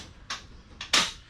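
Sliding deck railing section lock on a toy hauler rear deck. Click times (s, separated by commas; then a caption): 0.9 s. Sliding deck railing sections on the rear deck of a Grand Design Momentum 21G toy hauler are slid over until they meet and then locked. Two light metallic ticks at about 0.3 and 0.8 seconds are followed by a firm, louder click at 0.9 seconds as the lock engages and the sections lock together.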